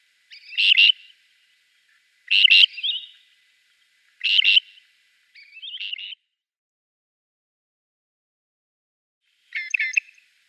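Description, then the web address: Southern Grey Shrike singing rasping, chattering phrases with a few softer warbled notes, four phrases in quick succession, a pause, then one more. "Schulze Peter Southern Grey Shrike song"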